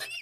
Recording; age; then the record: pig call; piglet (1 to 25 days)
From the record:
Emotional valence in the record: negative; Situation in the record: short isolation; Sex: female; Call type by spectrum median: high-frequency call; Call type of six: high-frequency stable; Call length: 0.21 s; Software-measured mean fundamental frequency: 262 Hz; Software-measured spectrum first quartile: 2401 Hz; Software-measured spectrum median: 3285 Hz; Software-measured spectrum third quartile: 5462 Hz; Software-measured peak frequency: 2779 Hz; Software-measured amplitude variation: 92 dB a second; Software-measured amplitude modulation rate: 11.7 a second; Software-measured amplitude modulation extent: 7.8 dB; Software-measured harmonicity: 9.6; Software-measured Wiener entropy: -2.99